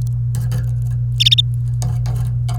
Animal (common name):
Domestic Canary